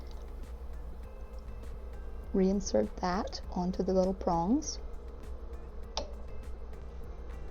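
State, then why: Seated. A wire connector inside a wine cooler is pushed back onto its small metal prongs while someone talks. A single sharp click at 6.0 s marks the connector seating home on the prongs.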